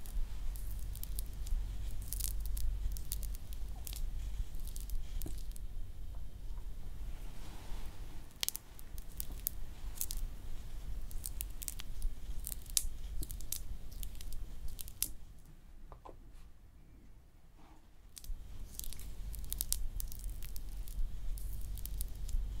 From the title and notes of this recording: ASMR Relaxing Hand Massage, Nail Care & Art No Talking (Layered Sounds).